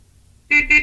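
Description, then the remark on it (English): A car horn honks twice in quick succession after a moment of near silence, two short, loud, bright blasts with a buzzy, harmonic tone. “And what's in Tokyo? The car is.”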